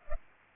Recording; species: mosquito wingbeat signal from an infrared sensor; Culex pipiens